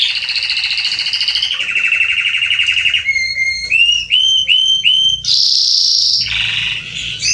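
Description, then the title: Belgian canary singing a low rattling trill, a smoother steady trill, several quick whistled slurs, then a bright high trill and a lower roll. Male Belgian canary singing a lot, meant to warm up and train young canaries. "Canary Training Esquente Seu Filhote E Canario Belga Macho Cantando Muito. CANTO DO CANRIO"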